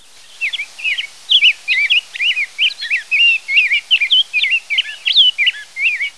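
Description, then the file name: Rose-breasted grosbeak singing a long, fast, rich warble of sweet, rolling, whistled syllables that runs on throughout over a quiet background. "PHELUD"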